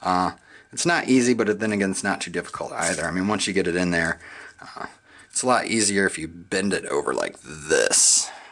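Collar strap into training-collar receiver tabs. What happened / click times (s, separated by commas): The strap is being worked into place but has not seated yet / none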